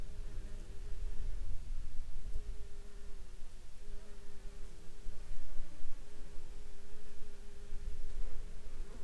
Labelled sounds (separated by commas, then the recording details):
aircraft
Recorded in the Arctic National Wildlife Refuge, Alaska, on 10 July 2021 at 15:00
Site 42